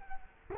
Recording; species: mosquito wingbeat signal from an infrared sensor; Culex quinquefasciatus